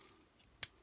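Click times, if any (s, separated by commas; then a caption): 0.6 s. A plastic panel on a transforming toy truck cab is raised so its two tab slots fit onto two tabs. One sharp snap at 0.6 seconds marks the tabs seating, which completes the cab mode. Apart from two faint ticks, the rest is quiet.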